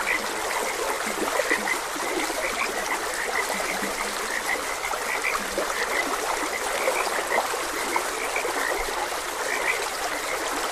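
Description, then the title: Frogs give soft, intermittent croaking notes almost buried beneath the continuous rushing trickle of a stream. Frogs croaking beside a gentle stream. "Gentle Stream and Frogs Croaking"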